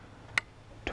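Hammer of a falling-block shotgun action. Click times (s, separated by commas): 0.4 s, 0.9 s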